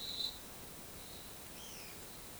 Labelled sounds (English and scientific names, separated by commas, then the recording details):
Pale-eyed Pygmy Tyrant (Atalotriccus pilaris)
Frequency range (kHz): Pale-eyed Pygmy Tyrant (Atalotriccus pilaris) 2.0-6.5 kHz
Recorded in forest near Pivijay, Magdalena, Colombia, on 15 April 2023 at 15:00
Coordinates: 10.467, -74.380
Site Z5-G034